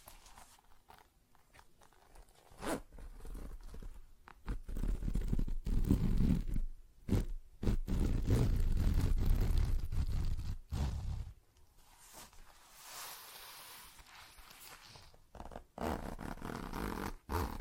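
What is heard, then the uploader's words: Zipper and scratching sounds, with sharp clicks and taps scattered throughout. From about 4 to 11 seconds a louder, rougher rubbing dominates, deep and dense, then quieter scratching follows, with more crisp taps near the end. ASMR Tapping, Scratching & Zipper Sounds (No Talking).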